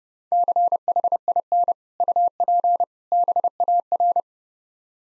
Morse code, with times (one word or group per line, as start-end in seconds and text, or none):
0.3-1.7 CHIN
2.0-2.8 UP
3.1-4.2 BAR